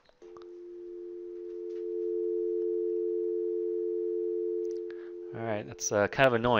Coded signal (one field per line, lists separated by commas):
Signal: telephone call progress tone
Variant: North America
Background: speech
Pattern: dial tone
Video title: Dual Tone Multi-Frequency signal generation and testing